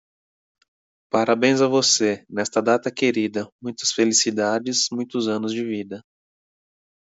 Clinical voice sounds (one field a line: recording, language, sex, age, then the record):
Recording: short text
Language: Brazilian Portuguese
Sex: male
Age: 30 to 39 years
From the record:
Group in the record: control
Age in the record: 35 years